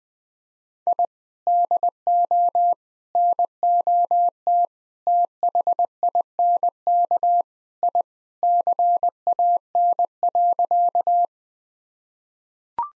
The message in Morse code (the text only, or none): I DO NOT THINK I CAN.